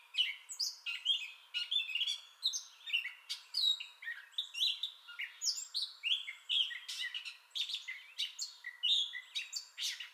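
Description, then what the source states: Gray catbird song, rapid and continuous, mixing squeaky whistles, scratchy notes and chattery bits in an ever-changing jumble. Entire song bout recorded 2021-05-30.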